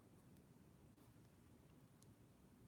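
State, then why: Partly seated. A plastic model kit part is lined up and pressed into place in a rocket model assembly, over a steady low background hum. A short, faint click sounds at 2.0 seconds, but the part is only almost fully home.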